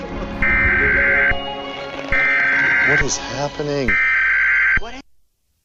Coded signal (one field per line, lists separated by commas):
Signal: Emergency Alert System (SAME) tones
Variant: header bursts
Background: speech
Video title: (1.01) Depths of The Swamp. (A COS EAS Scenario)